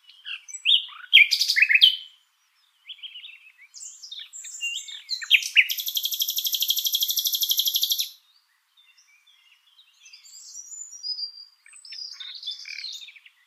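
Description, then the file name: Common nightingale song with varied phrases of chirps and whistles, then a long fast rattling trill of rapidly repeated notes, followed by quieter scattered twittering. "Luscinia megarhynchos"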